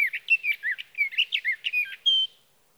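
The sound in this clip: Sage thrasher singing a fast jumble of burry, warbling notes that bounce between low and high, ending in one clear, sustained high whistle.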